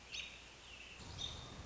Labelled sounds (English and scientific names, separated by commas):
American Robin (Turdus migratorius)